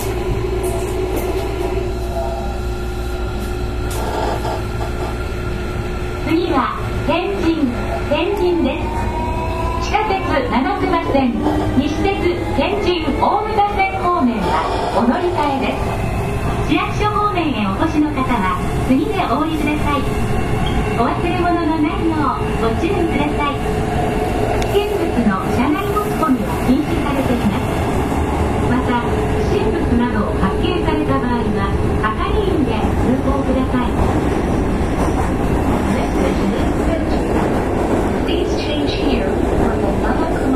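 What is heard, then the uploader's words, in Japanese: A 305 series electric train runs steadily, with a constant low rumble and a sustained motor tone that holds pitch through most of the ride. From about six seconds on, voices talk over it almost continuously, and faint rhythmic rattling and clicks recur throughout. JR九州の305系電車の走行音です。直通の普通列車にて収録しました。区間は、筑前前原から天神までです。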